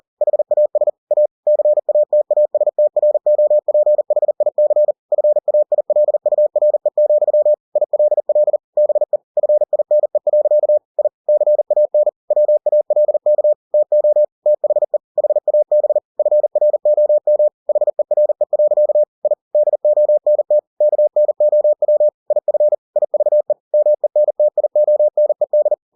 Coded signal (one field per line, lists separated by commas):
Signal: Morse code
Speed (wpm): 40 wpm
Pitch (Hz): 600 Hz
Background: none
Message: HAS A CATASTROPHIC FAILURE, ILL BE FINE. I CAN WALK TO THE HAB FROM HERE. I DONT KNOW IF IVE MENTIONED